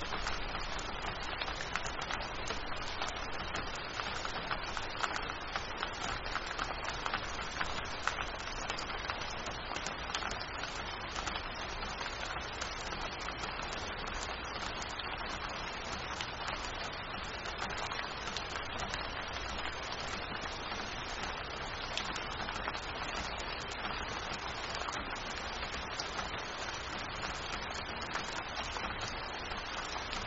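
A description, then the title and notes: Rain falls steadily and densely, a constant patter of drops across the whole half minute with no breaks or swells. The hiss sits mostly in the middle and upper range, with a faint low rumble underneath that may be wind. Windy Rain Sleep Sounds.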